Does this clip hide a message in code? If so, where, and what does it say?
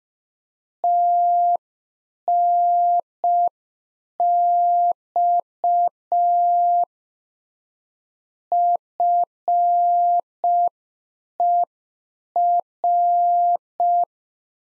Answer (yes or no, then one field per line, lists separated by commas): yes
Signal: Morse code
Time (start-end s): 0.8-14.0 s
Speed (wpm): 5 wpm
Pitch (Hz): 700 Hz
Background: none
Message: TNX FER